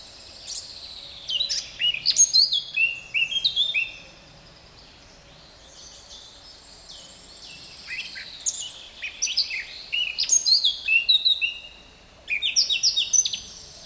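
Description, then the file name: Eurasian blackcap song in three bursts: fast, varied fluty warbling phrases separated by pauses. "Sylvia atricapilla"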